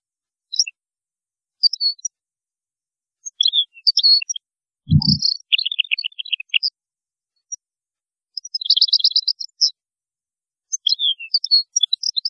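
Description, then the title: European goldfinch twittering in brief high phrases spread throughout, including a fast buzzy trill, with one dull low thump partway through. "Chant Chardonneret"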